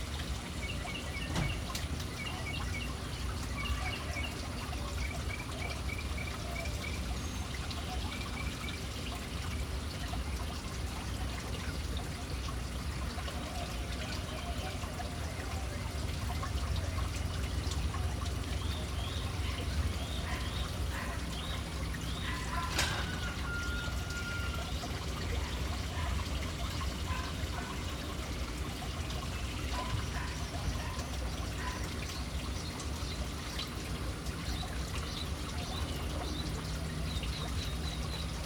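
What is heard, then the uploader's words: Birds chirp in short repeated bursts over the steady splash of a city fountain, with one sharp clack near twenty-three seconds. Urban birds at fountain. Relaxing sounds of City Birds hanging around fountain.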